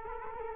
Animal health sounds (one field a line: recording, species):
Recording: mosquito wingbeat signal from an infrared sensor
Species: Culex quinquefasciatus